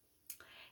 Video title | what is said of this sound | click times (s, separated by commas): Tools-Tips-Techniques: Why I Became a TrueCut Product Line Devotee | and it'll click in place | 0.3 s